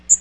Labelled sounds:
Magnolia Warbler (Setophaga magnolia) flight call

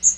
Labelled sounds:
Magnolia Warbler (Setophaga magnolia) flight call

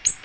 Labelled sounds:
Ovenbird (Seiurus aurocapilla) flight call

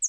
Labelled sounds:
Northern Parula (Setophaga americana) flight call

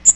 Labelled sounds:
Magnolia Warbler (Setophaga magnolia) flight call

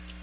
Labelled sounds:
Chestnut-sided Warbler (Setophaga pensylvanica) flight call

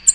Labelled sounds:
American Redstart (Setophaga ruticilla) flight call

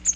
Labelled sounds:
Magnolia Warbler (Setophaga magnolia) flight call

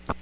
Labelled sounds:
Magnolia Warbler (Setophaga magnolia) flight call

